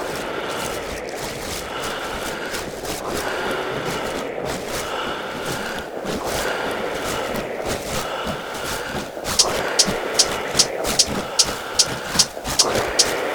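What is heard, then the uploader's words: Breath blown across a bottle makes a hollow, airy hum that holds a steady mid-pitched tone, swelling and dipping in long blows with short breaks every couple of seconds. After about nine seconds, sharp bright ticks repeat quickly and evenly over the blowing. This recording was the sound of blowing your breath into a bottle, using it as a kind of resonator. I recorded him blowing in sequences and longer blows.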